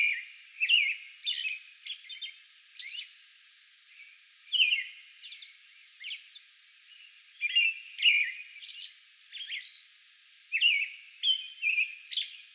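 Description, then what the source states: American robin delivering a sustained series of clear whistled phrases and high squeals, with short pauses between phrase groups. Song bout recorded May 11.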